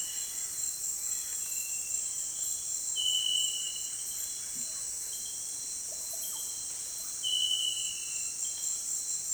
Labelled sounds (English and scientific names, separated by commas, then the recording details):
none
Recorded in dense forest near Puerto Asís, Putumayo, Colombia, on 22 June 2025 at 18:00
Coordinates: 0.484, -76.325
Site H65